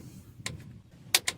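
A torque wrench tightens the 19 mm steel motor mount nut on a Toyota Sienna to 74 lb-ft. Low background rumble is broken by a sharp tick at 0.5 s, then the wrench's loud click at 1.2 s as it reaches its setting, followed by another sharp tick at 1.3 s.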